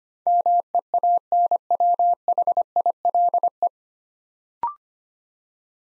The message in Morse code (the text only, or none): MEANWHILE